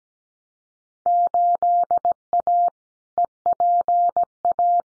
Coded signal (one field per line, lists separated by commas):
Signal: Morse code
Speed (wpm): 17 wpm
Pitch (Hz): 700 Hz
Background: none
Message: 8A EPA